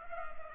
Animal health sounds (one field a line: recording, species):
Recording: mosquito wingbeat signal from an infrared sensor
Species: Culex pipiens